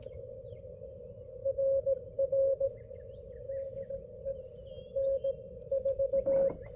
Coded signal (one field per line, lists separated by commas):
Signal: Morse code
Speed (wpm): 19 wpm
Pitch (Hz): 530 Hz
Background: none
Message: RR DE N4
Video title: US-12715 testing my HF-009 on a tripod! And full activation